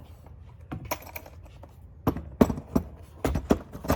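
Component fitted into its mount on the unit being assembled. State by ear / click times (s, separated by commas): not seated / none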